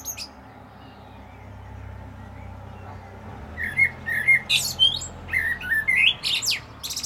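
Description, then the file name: Common blackbird song: after a quiet stretch, a phrase of whistled notes mixed with high squeaky twittering through the second half. "Turdus merula"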